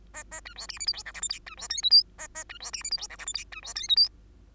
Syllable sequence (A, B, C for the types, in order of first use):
A A B C D E F G H I J K B C L M N A A B C D E F G H I J K B C L M N